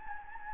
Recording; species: mosquito wingbeat signal from an infrared sensor; Anopheles gambiae